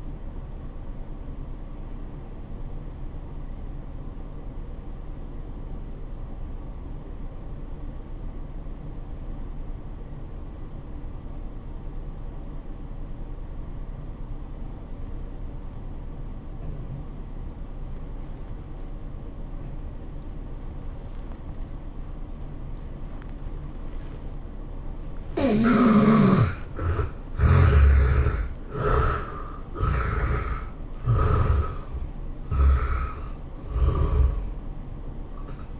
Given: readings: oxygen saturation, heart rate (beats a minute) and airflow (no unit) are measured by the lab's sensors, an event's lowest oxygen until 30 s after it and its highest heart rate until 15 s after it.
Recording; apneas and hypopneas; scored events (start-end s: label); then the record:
breathing in sleep by a smartphone at the bedside; 1
3.00-26.00 s: obstructive apnea (N1, oxygen 93% highest, then 73% lowest, heart rate 88 at the start, 105 highest)
From the record:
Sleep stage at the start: N1 (lightest sleep); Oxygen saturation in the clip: 72 to 93%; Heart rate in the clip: 80 to 105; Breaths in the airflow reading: 4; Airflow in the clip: -15.6 to 12.0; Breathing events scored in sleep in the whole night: 403 in 5.5 hours asleep